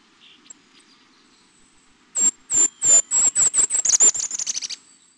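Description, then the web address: Golden-crowned Kinglet song: an accelerating series of extremely high, thin notes. "Peterson North American Birds iso sound gcki"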